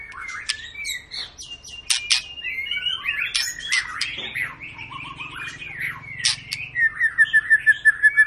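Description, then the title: White-rumped shama song, busy varied whistling and chattering, ending in a fast repeated series of short notes. Long lure recording of a singing white-rumped shama, used to prompt other birds to sing; described as gacor, meaning sings constantly. "Pancingan Murai Batu Gacor Panjang"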